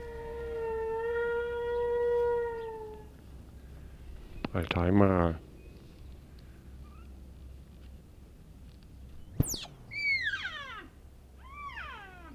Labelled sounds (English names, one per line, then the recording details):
Wapiti
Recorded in captivity
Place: Tierpark Berlin, Berlin, DE
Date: 1967-09-02
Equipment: R 20/2, Sennheiser MD 421
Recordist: Tembrock, Günter